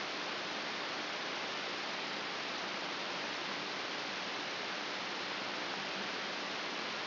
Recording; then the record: brain microelectrode recording played as sound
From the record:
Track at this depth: outside the subthalamic nucleus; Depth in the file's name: 6.612 mm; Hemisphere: left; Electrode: 3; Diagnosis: Parkinson's disease